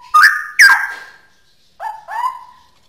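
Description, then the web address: Straw-headed bulbul song: two loud, rich, gurgling whistled notes, then a pause and two lower phrases that rise slightly and fade. Rapid 'ropel' style song, described as genuine, original bulbul sound. "cucak-rowo suara-cucak-rowo-ropel-asli"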